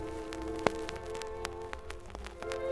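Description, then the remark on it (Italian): Light spring drizzle, the first rain of April: scattered raindrops tap irregularly over a soft, steady patter, with one sharper drop standing out and a faint sustained hum underneath. “Con l'aprile la prima pioggia, la plovisine”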